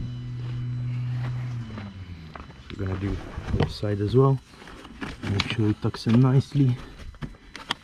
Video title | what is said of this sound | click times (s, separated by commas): Peugeot 407 SW Front Suspension Strut Removal/ Refitting ( Detailed Version) | as you can see my one you can hear a click everything tucks in the way should be | 7.6 s, 7.7 s